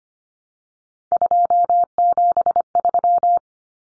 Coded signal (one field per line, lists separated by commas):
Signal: Morse code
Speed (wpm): 25 wpm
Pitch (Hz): 700 Hz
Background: none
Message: 273